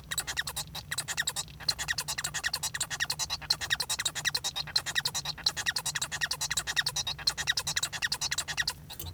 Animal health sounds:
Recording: song of a male Bengalese finch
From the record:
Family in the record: son of father 1

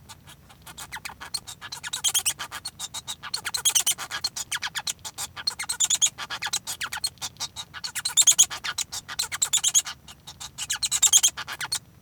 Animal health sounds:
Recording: song of a male Bengalese finch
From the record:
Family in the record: son of father 1

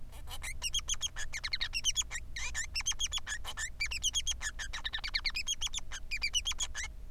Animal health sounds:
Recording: song of a male Bengalese finch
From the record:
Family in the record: son of father 3

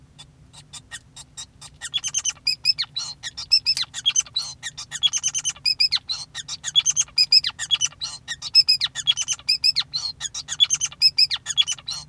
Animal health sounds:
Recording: song of a male Bengalese finch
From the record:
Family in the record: son of father 5

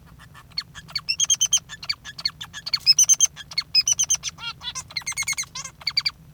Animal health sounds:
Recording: song of a male Bengalese finch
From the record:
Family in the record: father 3

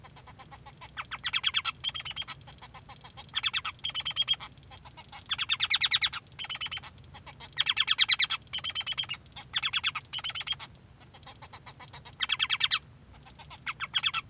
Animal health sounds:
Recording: song of a male Bengalese finch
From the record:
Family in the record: son of father 3

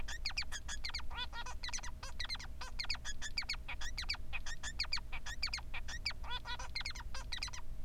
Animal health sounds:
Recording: song of a male Bengalese finch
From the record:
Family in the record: son of father 3

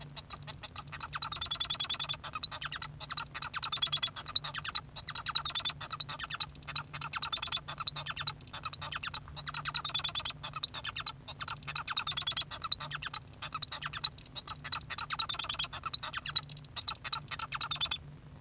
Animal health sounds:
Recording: song of a male Bengalese finch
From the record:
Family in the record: son of father 1

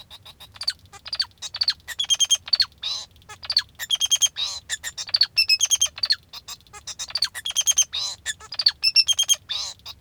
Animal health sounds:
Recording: song of a male Bengalese finch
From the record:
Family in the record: father 2

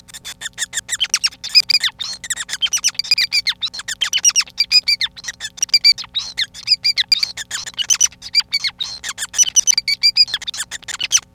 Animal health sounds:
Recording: song of a male Bengalese finch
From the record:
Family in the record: son of father 5

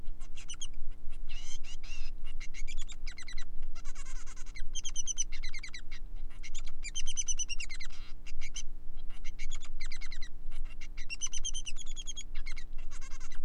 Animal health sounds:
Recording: song of a male Bengalese finch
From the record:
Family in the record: son of father 3

